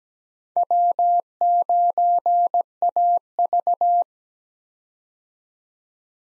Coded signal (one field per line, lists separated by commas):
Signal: Morse code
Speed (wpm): 17 wpm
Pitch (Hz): 700 Hz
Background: none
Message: W9AV